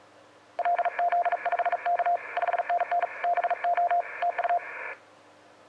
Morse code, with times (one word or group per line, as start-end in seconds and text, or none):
0.6-2.2 LZ5K
2.4-3.1 5NN
3.2-4.0 BO
4.2-4.6 TU